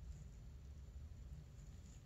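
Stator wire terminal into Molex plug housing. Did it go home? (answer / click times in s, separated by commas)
no / none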